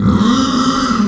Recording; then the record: squeal of a Yucatan mini pig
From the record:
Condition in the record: after surgery on the right vocal fold (resection and tissue-engineered implant); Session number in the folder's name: 13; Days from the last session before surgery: 113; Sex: female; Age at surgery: 19 weeks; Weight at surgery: 25 kg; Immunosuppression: prednisolone